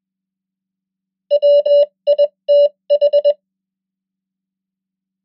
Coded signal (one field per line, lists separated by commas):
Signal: Morse code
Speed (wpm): 21 wpm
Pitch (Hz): 580 Hz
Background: none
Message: WITH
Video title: 100 most common English words in Morse Code @20wpm